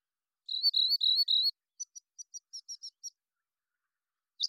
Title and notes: Rock Wren, Salpinctes obsoletus, long song sequence, isolated from Double mid-side original, natural pace and rhythm maintained Recorded in the beautiful Pacific Northwest, Washington, United States